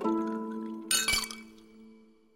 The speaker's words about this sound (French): Quant au nectar, dont je t'ai parlé un peu plus tard, il s'agit de la boisson préférée des dieux. Tchin tchin, les Olympiens!